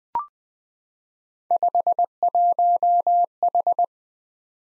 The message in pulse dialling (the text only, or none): none